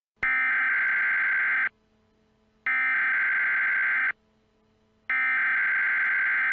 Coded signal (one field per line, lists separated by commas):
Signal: Emergency Alert System (SAME) tones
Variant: header bursts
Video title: EAS ||| Tornado Warning